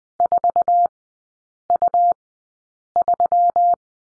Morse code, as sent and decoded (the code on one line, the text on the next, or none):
....- ..- ...--
4U3